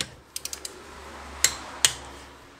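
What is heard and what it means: A torque wrench tightens a wheel lug nut on a Tesla Model S, with a few faint ticks early on. Two sharp clicks at 1.4 s and 1.8 s show the wrench reaching its set torque, confirming the nut is torqued.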